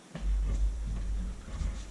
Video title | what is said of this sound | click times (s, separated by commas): M14 An Overview &amp; Beginners Guide | And I have several videos on it, and you can see the magazine will snap right into that. | 0.2 s